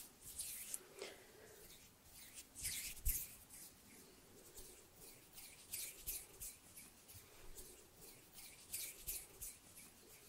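Hand sounds made with the fingers: repeated soft, bright brushing and fluttering bursts, each lasting a fraction of a second, arriving irregularly throughout. One sharper snap-like hit stands out near three seconds, and a faint low rumble sits underneath.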